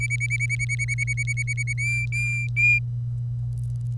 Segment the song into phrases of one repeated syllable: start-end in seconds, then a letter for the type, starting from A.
0.00-1.73 A, 1.78-2.79 B